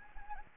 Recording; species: mosquito wingbeat signal from an infrared sensor; Anopheles gambiae